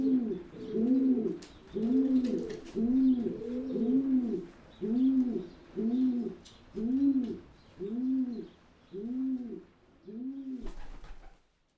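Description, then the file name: Pigeon with a steady series of clear arched coos, evenly spaced about a second apart, ending with a brief knock and silence. "holub"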